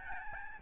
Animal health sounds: mosquito wingbeat signal from an infrared sensor; Aedes albopictus

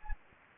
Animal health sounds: mosquito wingbeat signal from an infrared sensor; Anopheles gambiae

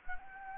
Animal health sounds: mosquito wingbeat signal from an infrared sensor; Anopheles gambiae

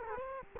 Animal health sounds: mosquito wingbeat signal from an infrared sensor; Culex quinquefasciatus

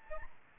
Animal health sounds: mosquito wingbeat signal from an infrared sensor; Aedes albopictus

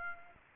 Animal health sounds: mosquito wingbeat signal from an infrared sensor; Aedes aegypti

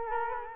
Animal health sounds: mosquito wingbeat signal from an infrared sensor; Culex quinquefasciatus

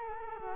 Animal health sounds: mosquito wingbeat signal from an infrared sensor; Culex quinquefasciatus

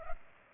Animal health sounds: mosquito wingbeat signal from an infrared sensor; Culex pipiens

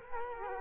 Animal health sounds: mosquito wingbeat signal from an infrared sensor; Culex quinquefasciatus

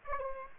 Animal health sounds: mosquito wingbeat signal from an infrared sensor; Aedes aegypti

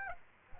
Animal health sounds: mosquito wingbeat signal from an infrared sensor; Aedes aegypti

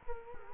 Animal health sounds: mosquito wingbeat signal from an infrared sensor; Culex quinquefasciatus

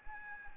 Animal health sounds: mosquito wingbeat signal from an infrared sensor; Anopheles arabiensis

